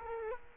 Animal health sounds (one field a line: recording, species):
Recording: mosquito wingbeat signal from an infrared sensor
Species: Culex quinquefasciatus